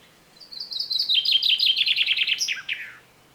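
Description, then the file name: Common chaffinch song: tinkling notes quicken into a descending rattle, then end in an emphatic downward flourish. "Fringilla coelebs"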